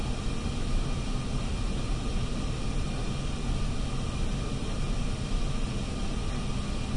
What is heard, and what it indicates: Room tone sound effects patient room ventilator hiss.